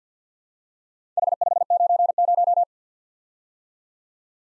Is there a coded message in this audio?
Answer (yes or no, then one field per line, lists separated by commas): yes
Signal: Morse code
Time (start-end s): 1.2-2.6 s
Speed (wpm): 47 wpm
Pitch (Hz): 700 Hz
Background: none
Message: H590